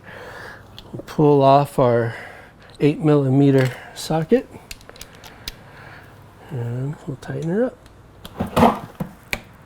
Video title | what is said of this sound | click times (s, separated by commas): How to Change a Rear Wheel and Brakes on a Sport Bike (Lots of motorcycles will be the same as this) | it goes it's already at torque and you can kind of hear the snap there you guys BAM that's it | 9.3 s